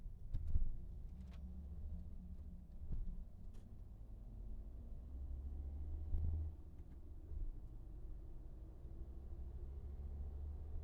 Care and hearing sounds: everyday scene through a hearing-aid microphone; in a vehicle; engine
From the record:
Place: VW T5 Caravelle, diesel engine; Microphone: behind the ear, right, front

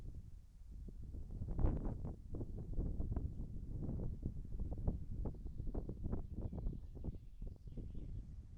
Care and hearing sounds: everyday scene through a hearing-aid microphone; wind on the microphone; wind, birds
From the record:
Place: in front of a rural house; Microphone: behind the ear, right, rear

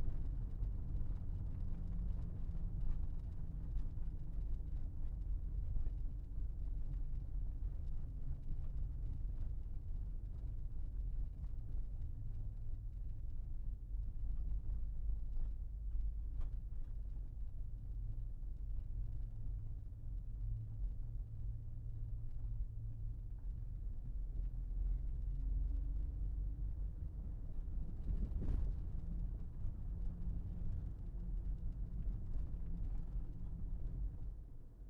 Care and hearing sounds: everyday scene through a hearing-aid microphone; in a vehicle; engine, rumble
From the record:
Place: Berlingo II, diesel engine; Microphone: behind the ear, left, front

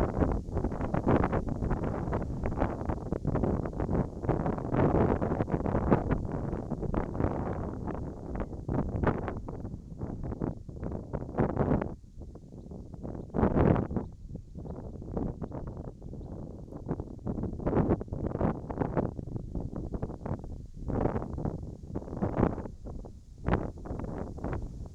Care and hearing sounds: everyday scene through a hearing-aid microphone; wind on the microphone; wind, whistling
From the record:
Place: in front of a rural house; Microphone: in the ear canal, right

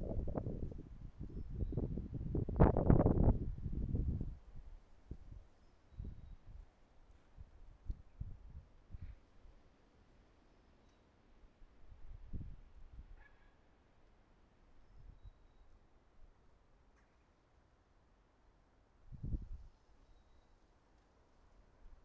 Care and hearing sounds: everyday scene through a hearing-aid microphone; wind on the microphone; wind, traffic, birds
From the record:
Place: suburban garden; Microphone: behind the ear, right, rear

